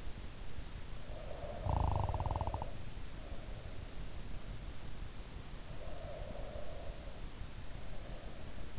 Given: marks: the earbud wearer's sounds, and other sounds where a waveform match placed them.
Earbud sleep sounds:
sounds in sleep by an in-ear microphone; snoring breath, breath
0.97-3.77 s: snoring breath
5.60-8.79 s: breath

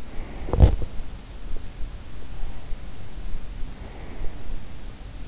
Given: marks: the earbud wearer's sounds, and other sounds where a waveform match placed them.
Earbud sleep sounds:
sounds in sleep by an in-ear microphone; teeth grinding
0.32-0.99 s: teeth grinding

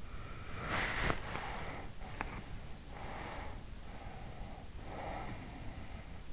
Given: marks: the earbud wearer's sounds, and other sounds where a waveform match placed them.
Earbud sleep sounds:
sounds in sleep by an in-ear microphone; body movement, breath
0.00-2.51 s: body movement
2.51-5.89 s: breath

